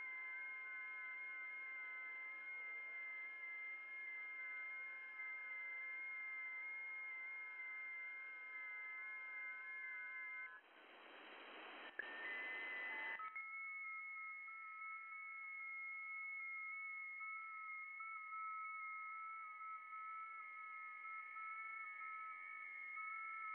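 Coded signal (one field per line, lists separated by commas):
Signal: FT8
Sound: several overlapping soft warbling tones stepping slowly in pitch, interrupted by a short hiss burst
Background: radio static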